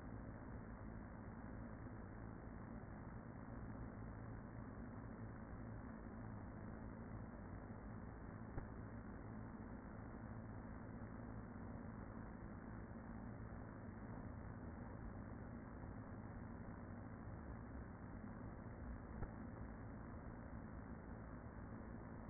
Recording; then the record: honeybee colony, microphone inside the hive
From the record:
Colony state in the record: queen present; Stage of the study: after two queens were removed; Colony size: about 40,000 bees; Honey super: no